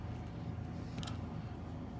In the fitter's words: And if I can get the cover to go right, yeah, the cover will just snap right into here.